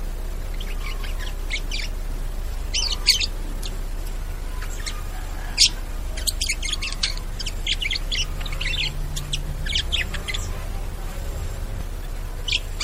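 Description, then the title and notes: Bird song with varied chirps and short whistled notes scattered throughout, several sharp clicks, over a steady low hum. Bird ringtone with melodious sounds. "Burung Dengan Suara Merdu"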